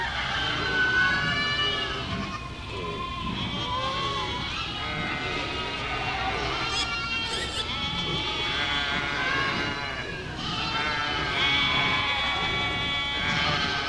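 Cows moo over one another without pause, many voices overlapping into a dense, continuous chorus at a steady level. Some calls rise higher and brighter, notably around the seventh and eleventh seconds, over a low, rumbling murmur underneath.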